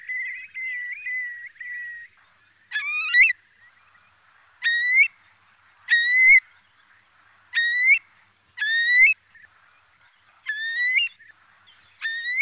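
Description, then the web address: Eurasian curlew giving a steady whistle, then several clear rising whistled calls. Filtered recording. "FILTERED CHIURLO"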